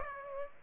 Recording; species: mosquito wingbeat signal from an infrared sensor; Aedes aegypti